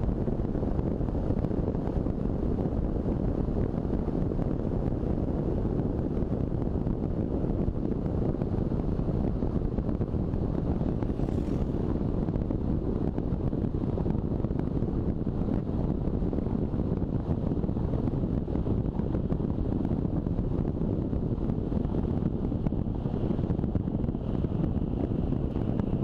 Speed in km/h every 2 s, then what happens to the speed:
51, 49, 48, 47, 45, 43, 41, 41, 40, 39, 36, 35, 32.
0-26 slows to 32.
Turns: none.